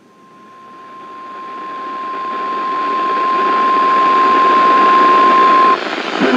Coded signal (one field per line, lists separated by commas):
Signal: Emergency Alert System (SAME) tones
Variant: 1050 Hz attention tone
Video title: TORNADO WARNING (EAS #1364)